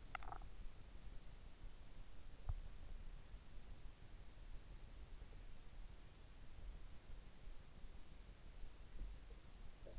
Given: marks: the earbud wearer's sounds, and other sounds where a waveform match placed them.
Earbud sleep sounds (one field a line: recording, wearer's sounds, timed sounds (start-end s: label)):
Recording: sounds in sleep by an in-ear microphone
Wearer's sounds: swallowing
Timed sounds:
0.00-0.70 s: swallowing